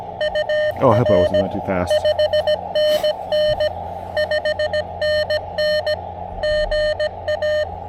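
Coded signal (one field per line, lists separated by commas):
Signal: Morse code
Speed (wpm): 20 wpm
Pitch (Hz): 600 Hz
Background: speech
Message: UR 5NN 5NN GA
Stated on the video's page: POTA park activation on the Blue Ridge Parkway.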